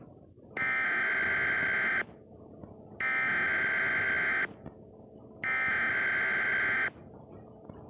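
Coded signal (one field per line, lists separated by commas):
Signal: Emergency Alert System (SAME) tones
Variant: header bursts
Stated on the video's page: Simulated EAS scenario of a North Korea nuclear missile alert.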